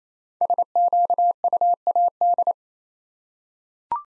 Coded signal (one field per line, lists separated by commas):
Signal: Morse code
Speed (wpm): 29 wpm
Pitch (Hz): 700 Hz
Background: none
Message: SQUAD